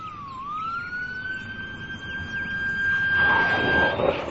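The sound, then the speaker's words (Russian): An arriving ambulance's siren wails near a metro station on a steady, high sustained tone that dips briefly at the start, holding loud over a rumbling street background that swells toward the end. “Слышите? Это приехала скорая помощь.”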